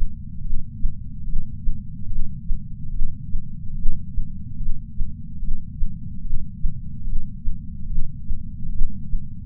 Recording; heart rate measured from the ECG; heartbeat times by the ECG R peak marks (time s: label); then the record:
heart sounds by patch sensor on the chest; 72 bpm
0.41 s: heartbeat
1.24 s: heartbeat
2.07 s: heartbeat
2.90 s: heartbeat
3.74 s: heartbeat
4.57 s: heartbeat
5.39 s: heartbeat
6.22 s: heartbeat
7.04 s: heartbeat
7.87 s: heartbeat
8.70 s: heartbeat
From the record:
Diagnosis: coronary artery disease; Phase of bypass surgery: intraoperative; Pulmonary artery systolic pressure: 29 mmHg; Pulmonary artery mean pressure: 19 mmHg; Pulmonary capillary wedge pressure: 12 mmHg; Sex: female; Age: 65 years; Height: 153 cm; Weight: 51.5 kg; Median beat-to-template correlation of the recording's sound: 0.95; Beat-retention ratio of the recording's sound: 0.99